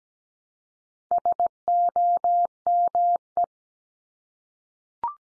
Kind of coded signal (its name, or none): Morse code